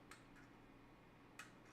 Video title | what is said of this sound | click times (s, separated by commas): **P3B-Building the Flying Dutchman: JMBricklayer Company Set - Over 1,100 Pieces & LED Lights** | You know what? I didn't realize these snapped into place. I think I have to snap all of them in. Yep. | 0.1 s, 1.4 s